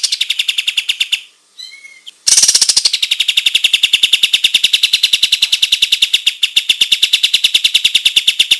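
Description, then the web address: Olive-winged bulbul song: fast high chirping, briefly interrupted by a couple of soft whistled tones, then resuming as a long, rapid, insistent run. Described as gacor, singing loudly and continuously. "kapas-tembak suara-burung-kapas-tembak-gacor"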